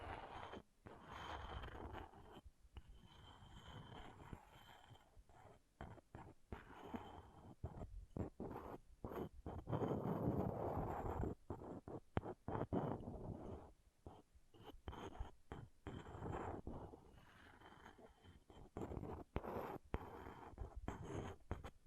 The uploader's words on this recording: ASMR Brain Melting Object Scratching (No Talking).